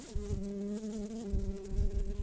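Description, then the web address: Bumblebee buzzing, a steady low hum with a clear droning tone that wavers slightly in pitch throughout, with soft bumping knocks underneath. Workers. "bumblebees Humilis-workers"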